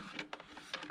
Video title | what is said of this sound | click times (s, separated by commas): Avian X Power Flight Mallard Unboxing and Review | so that's locked into place and then it'll kind of pop out a little bit | 0.3 s